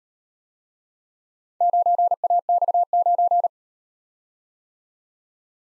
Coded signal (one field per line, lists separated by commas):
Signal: Morse code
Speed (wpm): 35 wpm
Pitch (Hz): 700 Hz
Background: none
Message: 9AX9